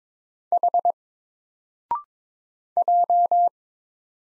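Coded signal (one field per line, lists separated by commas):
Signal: Morse code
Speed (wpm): 22 wpm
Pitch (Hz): 700 Hz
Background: none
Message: H J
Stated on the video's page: Morse practice drill of single letters at 22 wpm, each letter sent, spoken after a 0.6-second pause, then sent again.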